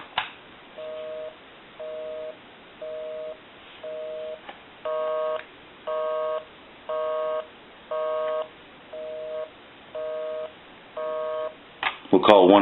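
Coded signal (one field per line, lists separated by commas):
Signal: telephone call progress tone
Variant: North America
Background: speech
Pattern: busy tone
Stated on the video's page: Call progress tone heard on a Western Electric Princess telephone with amplified handset, during initial checkout and repair.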